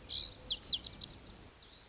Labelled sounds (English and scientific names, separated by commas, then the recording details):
Lazuli Bunting (Passerina amoena)
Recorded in Sonoma County, California